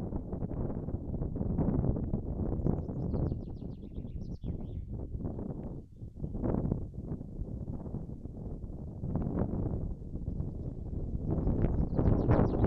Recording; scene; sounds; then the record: everyday scene through a hearing-aid microphone; wind on the microphone; wind, birds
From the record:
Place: in front of a rural house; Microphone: behind the ear, right, front